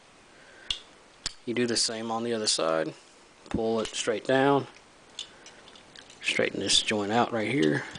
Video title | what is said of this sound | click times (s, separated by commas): Transformers Combiner Wars Deluxe Class Firefly Review | and you just close this back up and it locks into place | 0.7 s, 1.3 s